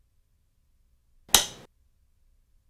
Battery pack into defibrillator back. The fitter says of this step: snaps into place easily as long